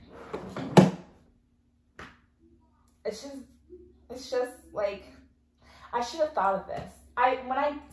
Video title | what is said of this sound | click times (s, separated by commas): NESTING VLOG 3 - 34 WEEKS - Baby Shower Haul, Diaper Cart, Breast Pump Essentials, Baby Bath Center! | it clicks back into place it can spin either direction | 0.8 s